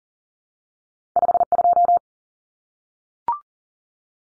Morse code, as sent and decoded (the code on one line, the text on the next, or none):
..... ..---
52